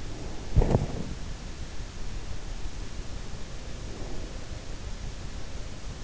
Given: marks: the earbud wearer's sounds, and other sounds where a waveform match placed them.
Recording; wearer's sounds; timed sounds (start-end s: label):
sounds in sleep by an in-ear microphone; body movement, breath
0.45-1.20 s: body movement
3.70-4.45 s: breath